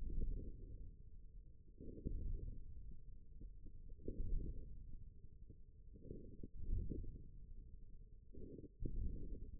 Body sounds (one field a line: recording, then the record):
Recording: forearm muscle sounds (acoustic myography)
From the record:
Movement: ulnar deviation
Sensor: system 1, eight BSWA MPA416 microphones around the upper forearm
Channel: 3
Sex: male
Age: 41 years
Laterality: right